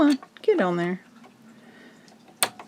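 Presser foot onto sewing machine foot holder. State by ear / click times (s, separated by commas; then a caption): seated / 2.4 s. A quarter-inch presser foot is pushed down onto a sewing machine's foot holder while someone talks. A sharp, loud click at 2.4 s marks the foot snapping in and seating.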